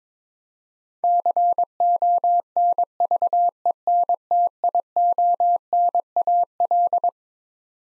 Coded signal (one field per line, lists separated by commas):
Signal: Morse code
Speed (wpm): 21 wpm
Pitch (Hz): 700 Hz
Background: none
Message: CONVENTIONAL